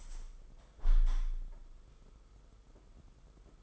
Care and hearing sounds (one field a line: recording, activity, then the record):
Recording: daily activity, microphone in the room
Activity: open window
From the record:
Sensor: 5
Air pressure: 991.5 hPa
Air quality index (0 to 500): 109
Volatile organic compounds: 26 ppm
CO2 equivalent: 2860 ppm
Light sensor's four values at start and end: 39/126/48/51 and 39/127/48/51